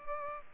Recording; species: mosquito wingbeat signal from an infrared sensor; Culex pipiens